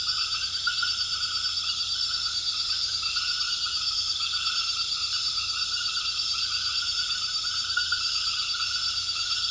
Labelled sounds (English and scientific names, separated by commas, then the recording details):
none
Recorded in pastures near Puerto Asís, Putumayo, Colombia, on 8 March 2025 at 22:00
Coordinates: 0.472, -76.329
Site G074